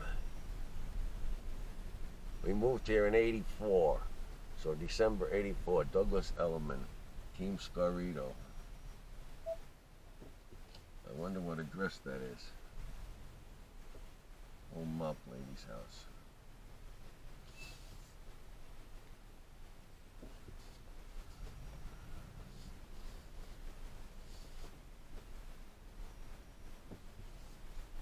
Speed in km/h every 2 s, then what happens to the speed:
26, 27, 26, 21, 10, 5, 6, 6, 6, 6, 8, 13, 13, 11.
0-5 steady at about 26. 5-10 brakes to 5. 10-19 steady at about 6. 19-21 speeds up to 13. 21-28 steady at about 13.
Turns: none.